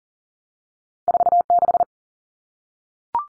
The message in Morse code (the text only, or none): 46